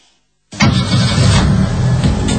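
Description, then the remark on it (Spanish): After half a second of silence, a Fiat Punto car engine cranks and catches, then settles into a loud, steady rumbling idle with low throbbing pulses. “Radiante, espectacular, acá vengo yo en mi Fiat Punto y abro el techo de mi auto porque mi Fiat Punto, amigos, tiene Sky Dome.”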